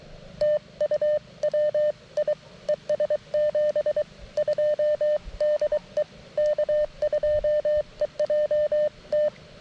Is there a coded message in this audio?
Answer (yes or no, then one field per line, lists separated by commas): yes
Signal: Morse code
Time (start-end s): 0.4-9.3 s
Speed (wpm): 23 wpm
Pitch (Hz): 600 Hz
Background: none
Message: TU WI ES 72 DE K2EJT